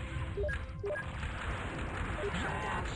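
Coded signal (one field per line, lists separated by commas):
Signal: none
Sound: game shutdown warning beeps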